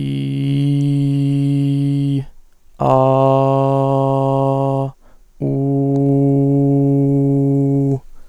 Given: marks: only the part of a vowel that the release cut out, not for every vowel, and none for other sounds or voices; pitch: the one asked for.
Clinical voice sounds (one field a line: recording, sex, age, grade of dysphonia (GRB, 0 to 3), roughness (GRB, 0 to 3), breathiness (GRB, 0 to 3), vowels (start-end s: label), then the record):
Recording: sustained vowels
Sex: male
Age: 20 to 29 years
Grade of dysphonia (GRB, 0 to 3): 0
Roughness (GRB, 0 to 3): 0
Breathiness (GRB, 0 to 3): 0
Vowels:
0.00-2.10 s: vowel /i/, normal pitch
2.95-4.77 s: vowel /a/, normal pitch
5.99-7.84 s: vowel /u/, normal pitch
From the record:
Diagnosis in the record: dysphonia, voice mutation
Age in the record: 24 years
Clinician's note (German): Dysplastisch, inkomplette Mutation, zu hohe Frequenz